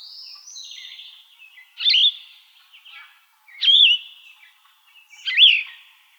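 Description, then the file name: Yellow-throated vireo song: hoarse, slurred phrases repeated roughly every two seconds, each with a quick upward sweep and a falling tail. Recorded in Arizona. "YTVI 1 A deviche"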